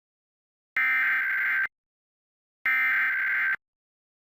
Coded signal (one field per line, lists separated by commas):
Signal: Emergency Alert System (SAME) tones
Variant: header bursts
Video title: MeTV Toons | WJFB Required Monthly EAS Test [02-04-2025]